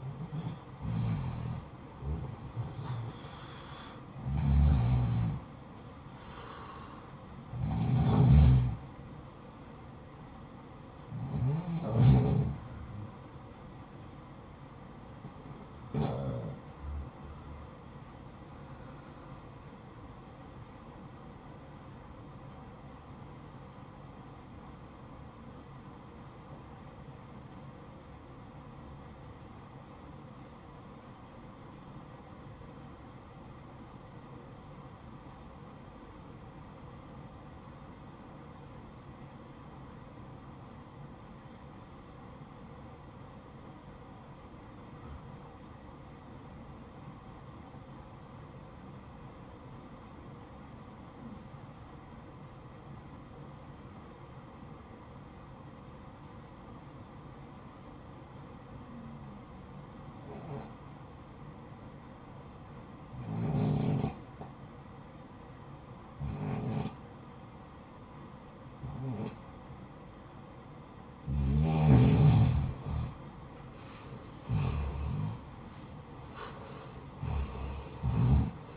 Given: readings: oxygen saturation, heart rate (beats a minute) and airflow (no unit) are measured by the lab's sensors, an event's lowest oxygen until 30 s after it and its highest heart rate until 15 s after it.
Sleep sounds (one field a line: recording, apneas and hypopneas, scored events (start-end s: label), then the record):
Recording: breathing in sleep by a smartphone at the bedside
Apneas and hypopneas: 1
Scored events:
22.00-70.20 s: obstructive apnea (REM, oxygen 95% highest, then 79% lowest, heart rate 60 at the start, 80 highest)
From the record:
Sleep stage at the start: REM sleep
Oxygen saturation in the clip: 81 to 95%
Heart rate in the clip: 51 to 80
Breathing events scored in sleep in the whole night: 573 in 9.8 hours asleep